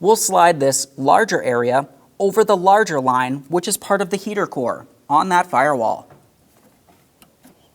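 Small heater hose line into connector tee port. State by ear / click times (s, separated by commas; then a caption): not seated / none. A small heater hose line is being fitted into the smaller port of a plastic right-side heater hose connector tee on a 2000-2006 Chevrolet Tahoe, with the tee's larger end meant to slide over the larger heater core line at the firewall. Someone talks for most of the clip, then it goes quiet except for a faint short tick near 7.2 s. Nothing has seated or clicked yet.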